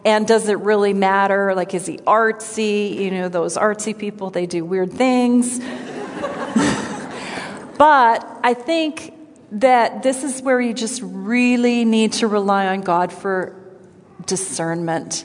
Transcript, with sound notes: and does it really matter?” Like, “Is he artsy? You know, those artsy people really do weird things!” (laughter) I think that this is where you just really need to rely on God for discernment.